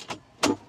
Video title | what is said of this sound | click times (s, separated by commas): Ultimate Jeep XJ Storage Setup — Simple but Genius Build | they latch and shut. | 0.4 s